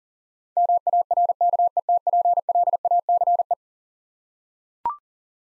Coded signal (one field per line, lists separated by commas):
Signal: Morse code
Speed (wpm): 40 wpm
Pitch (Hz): 700 Hz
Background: none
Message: MARKETPLACE